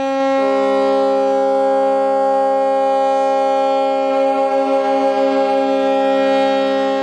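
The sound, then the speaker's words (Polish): Air raid warning sirens sound a loud, sustained wail that holds one steady pitch for several seconds, with a slight wavering toward the end and no voices, over the darkened Westerplatte peninsula in Gdańsk, Poland, during the annual commemoration of the outbreak of World War II. “Spowity ciemnością półwysep obudziły syreny alarmowe.”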